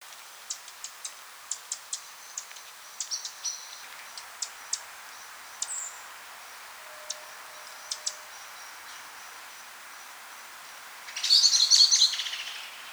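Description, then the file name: Eurasian wren, a scattered series of sharp high ticking notes, then a brief loud scratchy trill near the end against faint background hiss. "Troglodytes troglodytes"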